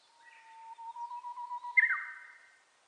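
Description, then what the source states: Japanese bush warbler song: a drawn-out level whistle rising slightly in volume, ending in a quick bright burst of notes, with faint bird chirps around it. Recorded 29 April 2001.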